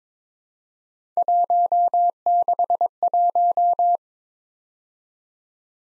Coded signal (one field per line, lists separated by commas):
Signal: Morse code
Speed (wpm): 22 wpm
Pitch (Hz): 700 Hz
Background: none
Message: 161